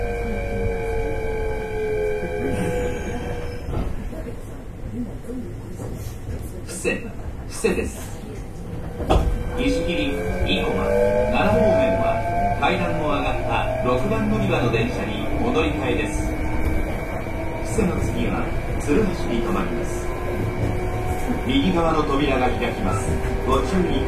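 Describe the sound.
Inside an express train on the Osaka Line, a steady low rumble runs throughout, with thin whining tones that slide up and down as the motors work. Voices talk over it for most of the clip, and a few sharp knocks come around the eighth second.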